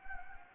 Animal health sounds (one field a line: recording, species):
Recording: mosquito wingbeat signal from an infrared sensor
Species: Anopheles gambiae